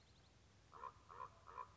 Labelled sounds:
Common Raven
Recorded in Sonoma County, California

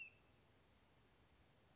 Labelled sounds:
Blue-gray Gnatcatcher
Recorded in Sonoma County, California

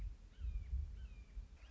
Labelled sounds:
Red-shouldered Hawk
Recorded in Sonoma County, California

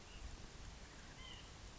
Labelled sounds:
White-breasted Nuthatch
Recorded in Sonoma County, California

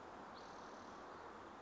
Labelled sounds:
Spotted Towhee
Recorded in Sonoma County, California

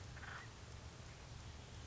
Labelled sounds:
Acorn Woodpecker
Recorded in Sonoma County, California

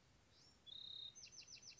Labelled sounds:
Bewick's Wren
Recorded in Sonoma County, California

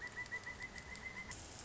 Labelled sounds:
Pileated Woodpecker
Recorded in Sonoma County, California

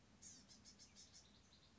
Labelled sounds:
Blue-gray Gnatcatcher
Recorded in Sonoma County, California

